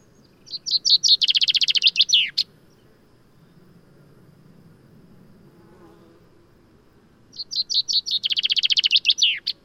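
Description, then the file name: Common chaffinch singing two loud trilled phrases that speed up, drop in pitch and finish with a sharp flourish, separated by a pause of several seconds, over quiet background. "Fringilla coelebs"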